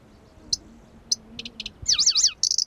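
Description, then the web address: Pallas's grasshopper warbler song: sharp isolated ticks, a pair of quick notes, then a swooping, wavy phrase ending in a fast, rattling high trill. Recorded at Kuda on 25 June 2012. "June 25 2012 Lcertiola Kuda"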